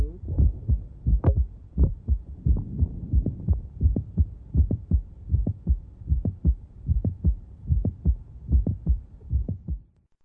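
Regular low heart sounds at about 76 beats a minute, with a sharp extra sound in each beat and some breath noise early on, in an adult woman. After release of a Valsalva strain, as she takes a deep breath, the mitral valve prolapse click slides back to its original mid-systolic position.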